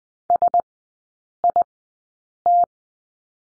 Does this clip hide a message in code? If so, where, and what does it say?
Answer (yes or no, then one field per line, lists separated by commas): yes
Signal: Morse code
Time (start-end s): 0.3-2.6 s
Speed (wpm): 20 wpm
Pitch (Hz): 700 Hz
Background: none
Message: SIT